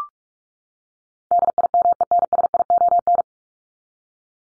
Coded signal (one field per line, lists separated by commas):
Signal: Morse code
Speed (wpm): 44 wpm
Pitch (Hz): 700 Hz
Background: none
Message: DIMENSION